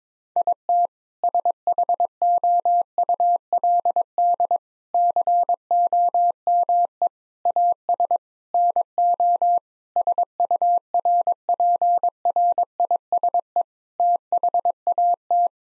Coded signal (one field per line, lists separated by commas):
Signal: Morse code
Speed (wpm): 22 wpm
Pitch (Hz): 700 Hz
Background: none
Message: IT SHOULD COME AS NO SURPRISE THAT